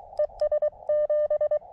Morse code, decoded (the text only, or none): ES7